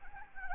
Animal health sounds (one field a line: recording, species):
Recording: mosquito wingbeat signal from an infrared sensor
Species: Anopheles gambiae